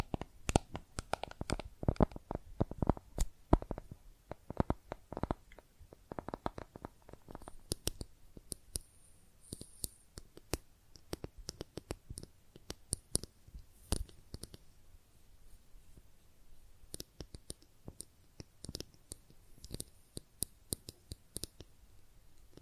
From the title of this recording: Makeup Tapping & Scratching Sounds